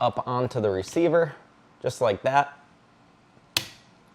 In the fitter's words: and go until it clicks.